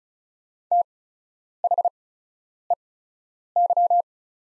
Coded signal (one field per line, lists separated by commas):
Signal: Morse code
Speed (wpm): 36 wpm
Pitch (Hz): 700 Hz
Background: none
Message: THEY